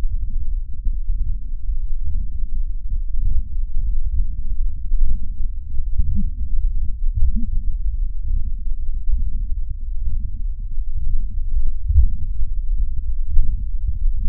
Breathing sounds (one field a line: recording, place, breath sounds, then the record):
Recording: lung sounds by stethoscope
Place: left posterior lower chest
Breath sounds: crackles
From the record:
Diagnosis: heart failure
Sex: male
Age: 55 years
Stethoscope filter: bell mode, 20 to 200 Hz